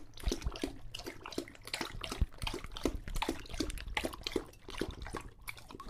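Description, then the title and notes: English Bulldog lapping water noisily, with rapid wet slurps and sharp clicking splashes. Male English Bulldog named Lucho drinking from a water bowl after a long walk, breathing heavily between drinks because he is out of breath. "English Bulldog Drinks from Water Bowl - Weird Sounds. listen to Lucho the English Bulldog as he tries to drink water after a long walk. Don't let his heavy breathing fool you in between drinks, he's equally out of breath from the walk"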